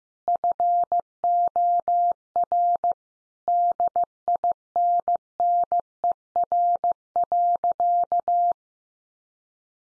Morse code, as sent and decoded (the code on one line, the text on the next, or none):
..-. --- .-. / -.. .. -. -. . .-. .-.-.-
FOR DINNER.